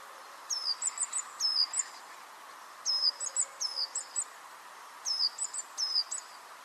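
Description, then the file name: Great tit giving bursts of high calls: a downward whistle then rapid clicking notes, grouped in three dense clusters over faint steady background noise. "Parus major"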